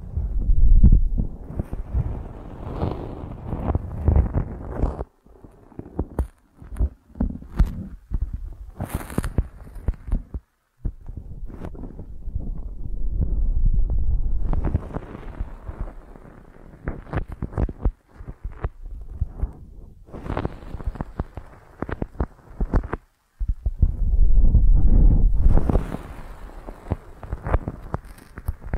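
Ear massage sounds: deep, muffled rubbing and scratchy brushing with soft taps, interrupted by brief silences near 5, 10 and 23 seconds.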